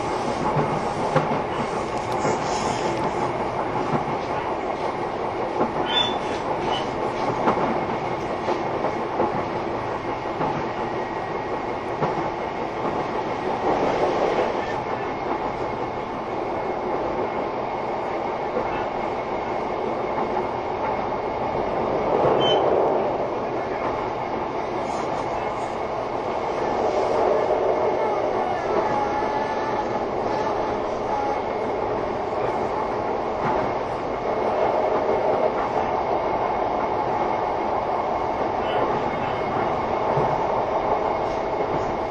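A train runs steadily, with a continuous rumbling roar and a strong mid-range drone that swells and eases slightly around 14, 22 and 28–35 seconds. Faint clicks and brief squeaks appear now and then, and the level stays loud and even throughout.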